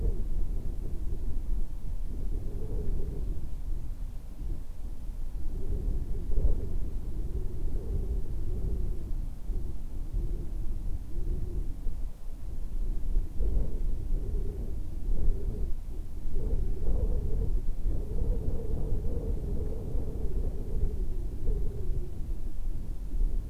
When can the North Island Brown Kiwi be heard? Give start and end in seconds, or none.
none